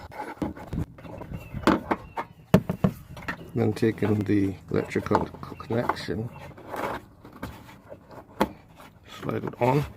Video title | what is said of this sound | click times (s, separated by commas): Mercedes W164 Front Park Lamps Bulb Replacements - 2825 Bulbs - DIY | Now it needs to be turned around so that they will lock in place. | 2.5 s